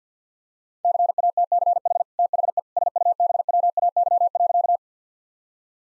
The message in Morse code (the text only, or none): CATCH THE SUBWAY.